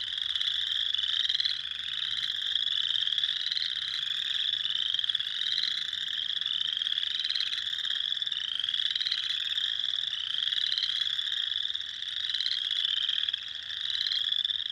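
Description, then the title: Spring peeper chorus, a steady wall of shrill rising peeps from many frogs at once, continuous throughout with no gaps. Recorded on 6 April 2021. "2021-04-06-Spring-Peepers"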